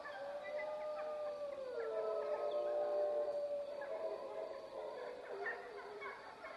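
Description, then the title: Wolf chorus of overlapping howls, long tones, some falling in pitch. Soundscape at Freita. "Wolf Soundscapes 10 Freita Melissa Pons"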